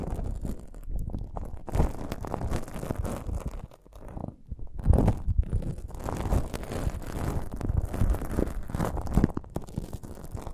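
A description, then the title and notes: Chewing and handling sounds from eating a sprouted coconut, mostly low and soft with dense, irregular crunches and squelches throughout. A brief near-silent pause comes around the four-second mark, then a louder burst of bright, crisp bites near five seconds and again near nine. ASMR of a Sprouted Coconut (No Talking).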